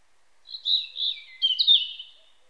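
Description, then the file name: European robin song: a short phrase of high thin whistles and warbled notes. "Erithacus rubecula"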